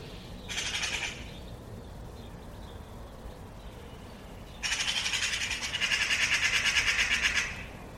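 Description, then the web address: Bird making two harsh, buzzy rattling calls: a brief one first, then a longer, louder rasping rattle after a pause. "cianscape birddata Deverinetal"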